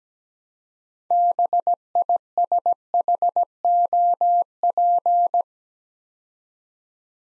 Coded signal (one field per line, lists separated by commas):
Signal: Morse code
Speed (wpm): 17 wpm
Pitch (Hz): 700 Hz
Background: none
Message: BISHOP